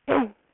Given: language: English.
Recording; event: throat vibration sensor signal played as sound; throat clearing